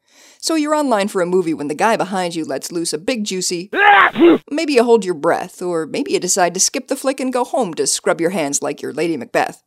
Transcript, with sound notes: So you’re on line for a movie when the guy behind you lets loose a big, juicy. [sneeze sound] Maybe you hold your breath, or maybe you decide to skip the flick and go home to scrub your hands like you’re Lady Macbeth.